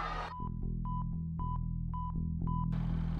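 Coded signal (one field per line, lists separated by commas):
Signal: none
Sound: synth music notes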